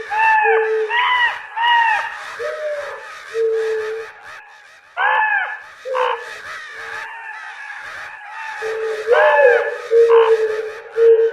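Crow cawing, harsh arched calls in bursts with short pauses between.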